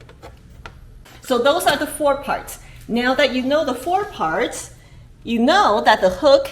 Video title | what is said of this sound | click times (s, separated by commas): How to Remove Ryker Hood - On & Off Explained - Can-Am Maintenance | and it clicks right into place. | 0.7 s